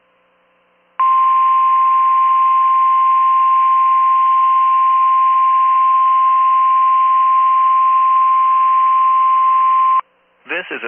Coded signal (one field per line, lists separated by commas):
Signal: Emergency Alert System (SAME) tones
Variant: 1050 Hz attention tone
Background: speech